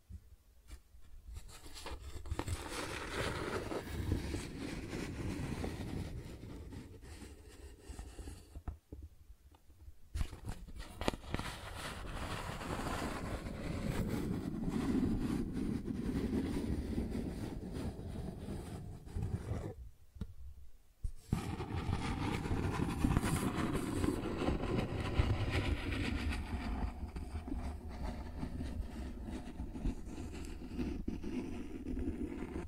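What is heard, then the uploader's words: Cardboard is scratched and rubbed in long, rough passes, making a dense, grainy rasp with a low rumbling edge. The scraping runs almost without pause, breaking off briefly around nine and twenty seconds before resuming with similar steady intensity. Cardboard Scratching, Tracing, Tearing.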